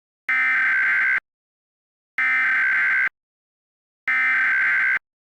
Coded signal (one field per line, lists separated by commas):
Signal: Emergency Alert System (SAME) tones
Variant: header bursts